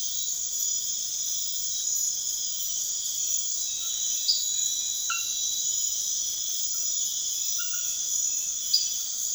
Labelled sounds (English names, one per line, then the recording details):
none
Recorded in pastures near Puerto Asís, Putumayo, Colombia, on 28 February 2025 at 01:30
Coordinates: 0.502, -76.324
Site GP07